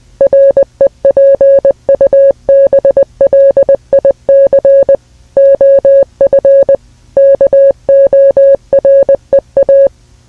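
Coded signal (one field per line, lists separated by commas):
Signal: Morse code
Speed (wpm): 20 wpm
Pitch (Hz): 550 Hz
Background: music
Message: REPUBLIC OF KOREA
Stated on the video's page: Simulated EAS scenario about a nuclear war.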